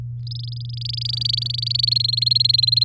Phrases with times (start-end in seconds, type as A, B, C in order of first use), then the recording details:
0.27-1.94 A, 1.95-2.84 B. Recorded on 8 May 2018 at 08:44. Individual llb16